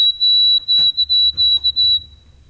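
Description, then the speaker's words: White-throated Sparrow song, a clear high whistle broken into a series of short, uneven notes at one steady pitch, then silence. Clear, faint, whistled song rendered 'oh sweet Canada, Canada, Canada' or 'poor Sam Peabody'; usually deep in woods; moves through in fall in flocks. "the white-throated sparrow, there he is. That very clear, faint, whistled song, I love it."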